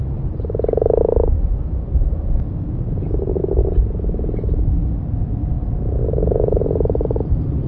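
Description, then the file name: Common frog purring croaks in three drawn-out bursts, with a low steady rumble underneath. "grasfrosch"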